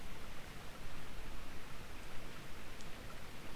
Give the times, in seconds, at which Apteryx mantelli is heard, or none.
none